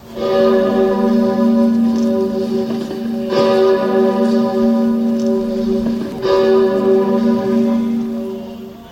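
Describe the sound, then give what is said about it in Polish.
The famous Sigismund (Zygmunt) bell at Wawel tolls over the city minutes before a Mass, rung by the Wawel bell-ringers pulling ropes; deep, sustained harmonic tones, struck about three times at roughly three-second intervals, each stroke ringing loudly and blending into a long, humming resonance, with no voices. “Kilka minut przed rozpoczęciem mszy nad miastem rozległ się dźwięk słynnego dzwonu Zygmunta.”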